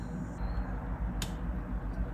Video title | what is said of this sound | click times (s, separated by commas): 1970 TR6 - Part 50 - Alternator troubles | and it clicks inside so it doesn't come out when you push | 1.2 s